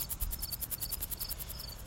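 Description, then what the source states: Crickets chirping, high pulsed chirps repeated steadily several times a second, over low rumbling noise. Crickets in a field in late July, on a hike.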